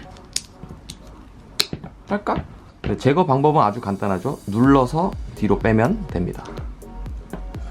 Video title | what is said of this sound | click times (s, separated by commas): 카메라 스트랩 줄에서 자유로워지자 (feat. 앵커 링크) | Click sound, yes hooked up opposite side Click | 0.4 s, 1.6 s